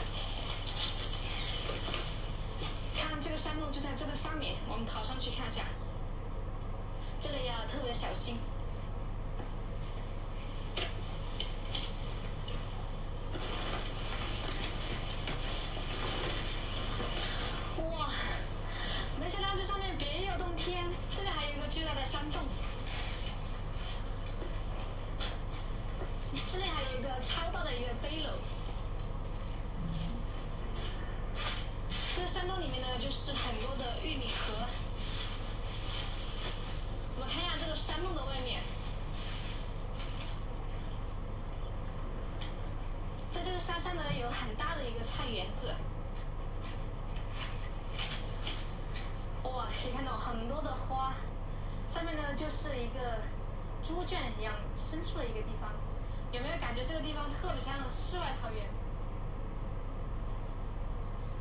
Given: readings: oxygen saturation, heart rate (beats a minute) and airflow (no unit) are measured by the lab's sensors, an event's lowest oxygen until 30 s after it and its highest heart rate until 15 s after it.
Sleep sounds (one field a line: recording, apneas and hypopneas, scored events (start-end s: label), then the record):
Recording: a person awake in a sleep study, by a smartphone at the bedside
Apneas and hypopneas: none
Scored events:
0.00-61.41 s: awake
From the record:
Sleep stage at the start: awake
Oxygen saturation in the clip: 93 to 94%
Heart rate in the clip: 59 to 65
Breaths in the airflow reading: 20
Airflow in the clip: -5.8 to 6.3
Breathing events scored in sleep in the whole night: 476 in 9.7 hours asleep